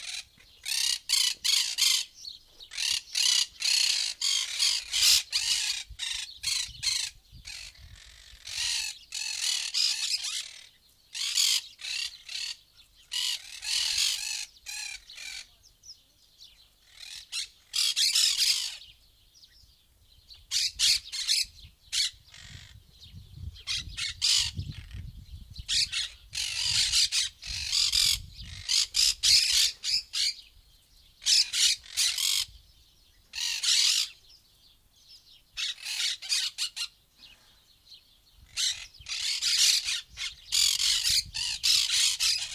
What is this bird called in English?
Monk Parakeet